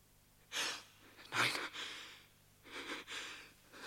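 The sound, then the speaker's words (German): Heavy, slow breathing and snoring from a sleeping man, with a few loud, airy inhales and exhales in an uneven rhythm, one breath catching with a slight low rasp. “Aber es ist ein Mensch. Er atmet.”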